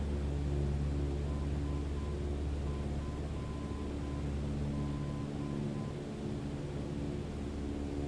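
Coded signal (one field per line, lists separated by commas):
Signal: Morse code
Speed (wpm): 7 wpm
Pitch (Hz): 1020 Hz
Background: none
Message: SFD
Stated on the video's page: Navigation beacon ident heard during a simulated flight lesson on NDB/VOR tracking.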